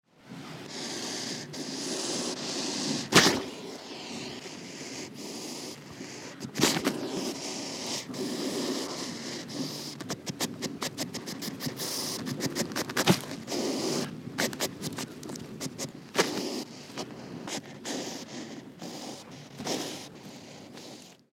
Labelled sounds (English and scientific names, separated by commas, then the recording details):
West European Hedgehog (Erinaceus europaeus)
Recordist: Tembrock, Günter
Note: Rhythmisches Schnaufen und Boxen